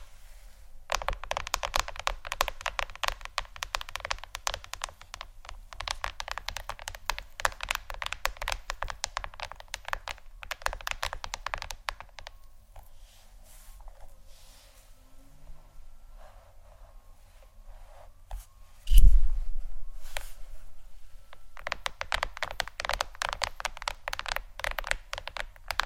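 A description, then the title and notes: Rapid, dense tapping on a phone or tablet screen comes in bursts, with a quieter stretch mid-clip and one sharp low knock near nineteen seconds. ASMR Phonetablet Tapping（No Talking）.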